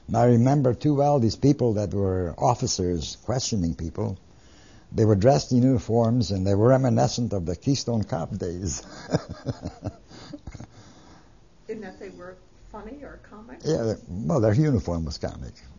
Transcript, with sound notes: I remember too well these people who were officers questioning people. They were dressed in uniforms and they were reminiscent of the Keystone Cop days. (He laughs.)
In that they were funny or comic?
Yeah, well their uniforms was comic.